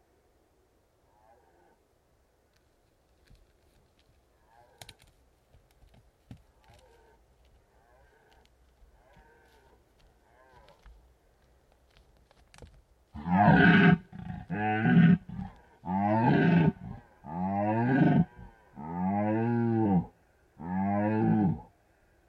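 Red deer stags roar during the rut in the mountains. For the first twelve seconds only faint calls and small clicks break a quiet background, then a stag lets out a loud series of about seven deep, groaning roars, evenly spaced until the end.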